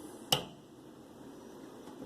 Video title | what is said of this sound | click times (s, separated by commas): EASY TOASTER OVEN REPAIR "MODE" SWITCH REPLACEMENT | you'll hear it click | 0.3 s